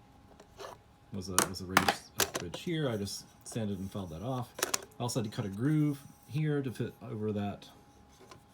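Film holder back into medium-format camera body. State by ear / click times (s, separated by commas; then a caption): seated / 8.3 s. Someone talks about a modified film holder back that was sanded and had a groove cut to fit over a lip, then fits it onto a 2x3 press/reflex medium-format camera body. A single small click is heard at 8.3 s as the back locks into place and seats solidly.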